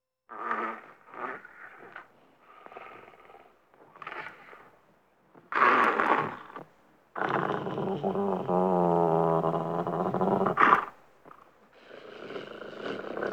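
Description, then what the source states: Dog giving short rumbles, then a long, sustained, wavering growl, followed by rough, breathy bursts. Angry dog growling.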